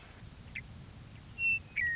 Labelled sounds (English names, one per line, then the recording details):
Western Meadowlark
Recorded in Sonoma County, California